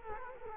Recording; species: mosquito wingbeat signal from an infrared sensor; Culex quinquefasciatus